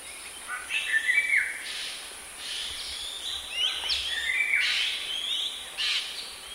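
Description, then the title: Songbird sings varied chirpy phrases with quick sweeps and a bright trill, coming in bursts against constant background hiss. "burung online"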